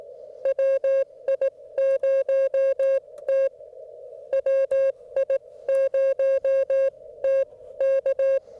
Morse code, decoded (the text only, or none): WI0T WI0T K